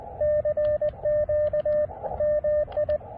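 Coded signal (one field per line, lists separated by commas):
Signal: Morse code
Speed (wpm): 20 wpm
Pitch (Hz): 590 Hz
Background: radio noise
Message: CQ MI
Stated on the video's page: QRP portable activation of a state park, short and quick, in the evening.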